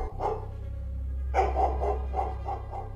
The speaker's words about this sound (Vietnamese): Chỉ thấy con chó ma nó sủa lên mấy tiếng. Tiếng chó sủa trong đêm nghe tự nhiên thấy rợn rợn.